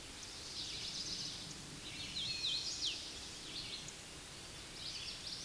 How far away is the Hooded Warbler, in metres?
about 35 m